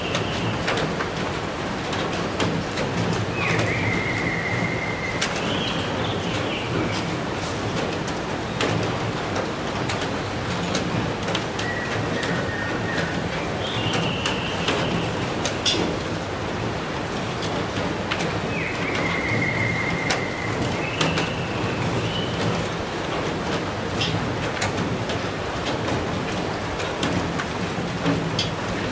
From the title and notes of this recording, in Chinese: 一些深夜雨声鸟叫声。